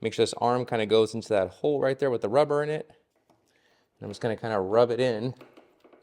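A greased motorcycle lever's arm is worked into a rubber-lined hole on the lever mount while someone talks, with a few faint taps during a quiet pause. The clip ends before the part goes home, and nothing has seated or clicked yet.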